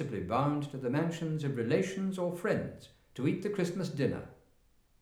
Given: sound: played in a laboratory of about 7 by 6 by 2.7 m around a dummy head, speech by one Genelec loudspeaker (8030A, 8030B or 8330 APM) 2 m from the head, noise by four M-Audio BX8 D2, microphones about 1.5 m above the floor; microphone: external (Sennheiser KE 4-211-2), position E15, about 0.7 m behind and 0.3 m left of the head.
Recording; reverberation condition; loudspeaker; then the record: male speech in English; medium; behind (180 degrees)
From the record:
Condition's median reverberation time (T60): about 510 ms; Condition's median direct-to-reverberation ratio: about -0.5 dB